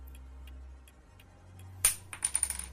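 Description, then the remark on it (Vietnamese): A pen drops onto a desk with one sharp clack, then several quick, lighter ticking bounces as it settles, over a faint low hum. “Cây bút vừa khẽ rơi xuống mặt bàn”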